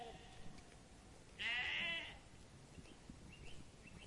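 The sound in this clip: Sheep giving a single high, quavering bleat lasting under a second, with soft bird chirps afterwards.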